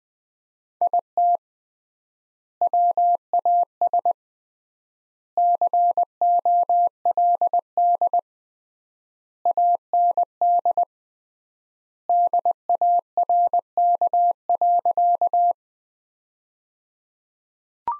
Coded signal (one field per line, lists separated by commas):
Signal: Morse code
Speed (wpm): 21 wpm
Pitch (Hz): 700 Hz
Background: none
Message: IT WAS COLD AND DARK.